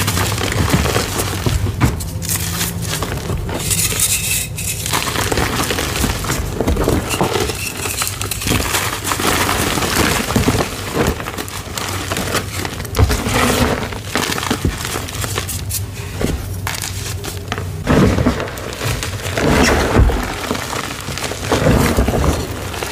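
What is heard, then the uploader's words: Dyed gym chalk is crushed, giving a steady run of crisp, crumbly crackles and gritty crunches that fill the whole 23 seconds. The texture stays dense and busy, with sharper snapping bursts around 3, 13 and 18 seconds and a low rumble underneath. Crispy Flaky Dyed Gym Chalk Collection Chalk Crushing ASMR. A collection of some of my favorite crispy flaky dyed gym chalk asmr crushing collection.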